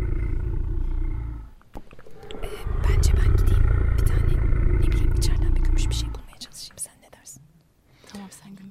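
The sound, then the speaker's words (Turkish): A deep, rasping creature growl, from a creature that has just broken through a door and is looking around, rumbles in two long, loud bursts, a short one and then a sustained one, before fading into quieter breathy rustling. “Hırıltılarla çevresine bakındı.”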